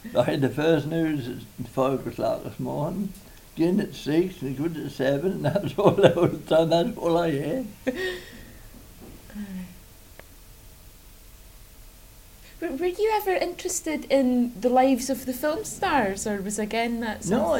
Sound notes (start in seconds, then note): 5.4 laughs; 7.8 laughs